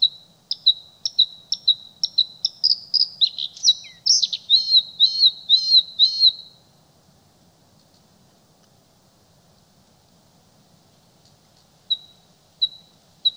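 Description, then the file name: Bluethroat song: a quick row of repeated ringing notes leads into a fast, rattling varied phrase; after a pause, a few single notes return. "Blauwborst"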